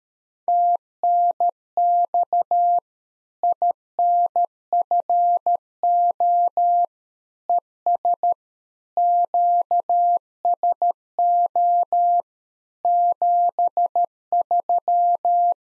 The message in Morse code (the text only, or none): TNX INFO ES QSO 73